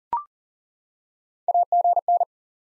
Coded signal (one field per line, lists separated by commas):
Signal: Morse code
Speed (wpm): 40 wpm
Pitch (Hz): 700 Hz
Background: none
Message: AGN